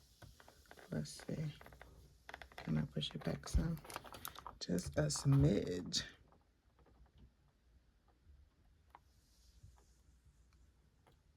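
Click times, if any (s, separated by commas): 9.0 s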